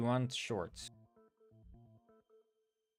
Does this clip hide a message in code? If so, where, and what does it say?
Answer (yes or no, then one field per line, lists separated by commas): no